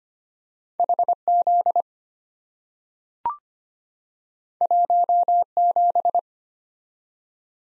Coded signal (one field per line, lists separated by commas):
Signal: Morse code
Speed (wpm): 25 wpm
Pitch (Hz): 700 Hz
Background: none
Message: HZ 17